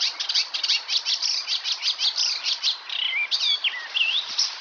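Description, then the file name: Icterine warbler song: rapid, dense chattering and harsh notes run together, ending with a few clear, slurred whistles. "Härmsångare - Hippolais icterina"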